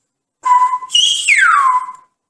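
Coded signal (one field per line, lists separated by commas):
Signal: whistled language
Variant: Silbo Gomero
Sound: a short whistled word: low steady note, brief gap, high note sweeping down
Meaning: The whistled word means pig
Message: Cochino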